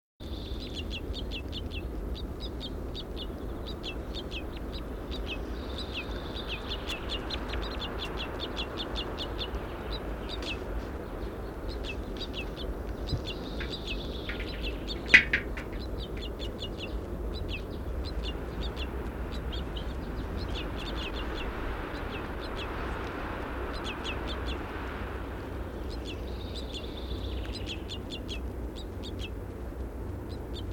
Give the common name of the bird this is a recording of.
Red Crossbill